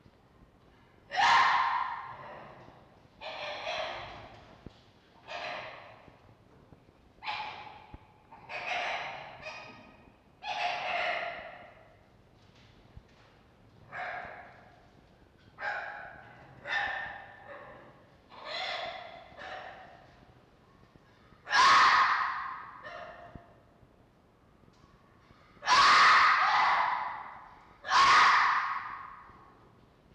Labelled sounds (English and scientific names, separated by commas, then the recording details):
Red Fox (Vulpes vulpes)
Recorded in captivity
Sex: male
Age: adult
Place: Zoologisches Institut der HUB, Berlin, DE
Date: 1952-04-18 19:00
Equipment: Elmetra
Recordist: Tembrock, Günter
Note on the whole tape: Franzl: Muffen (mit Fleisch) mit Winselanlaut I, II; dann Jupp: Bellserie III